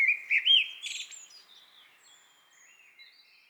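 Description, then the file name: Common blackbird song: a brief mellow fluted warble that breaks into a thin, squeaky high twitter, then trails off quietly. "Turdus merula"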